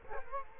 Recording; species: mosquito wingbeat signal from an infrared sensor; Culex quinquefasciatus